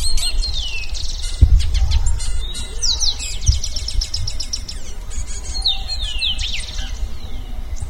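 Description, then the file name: Bird calls: bursts of rapid, sharp chirps and down-slurred whistles in several clusters, set against continuous low rumbling noise with a few thumps. "SABIOD 50 bird 2015"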